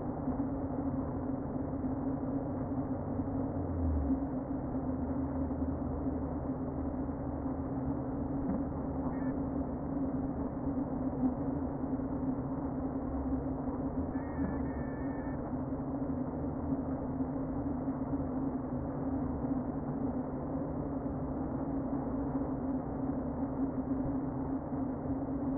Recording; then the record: honeybee colony, microphone inside the hive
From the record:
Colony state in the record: queen present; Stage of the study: before two queens were removed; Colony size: about 60,000 bees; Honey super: yes